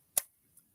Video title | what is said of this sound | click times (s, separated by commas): Sunday Night LIve & Chat | so you push it in until it clicks | 0.2 s